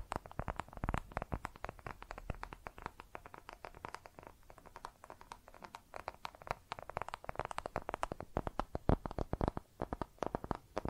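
Makeup being tapped and scratched in quick, dense, uneven bursts of crisp clicks, thinning briefly around four to six seconds before picking back up.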